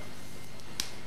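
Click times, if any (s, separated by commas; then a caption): 0.8 s. The metal clip of a second clip-in hair extension piece is slid into sectioned hair and snapped closed. Over a quiet background with a faint tick at 0.6 s, a sharp, bright snap sounds at 0.8 s. The piece is in and secure.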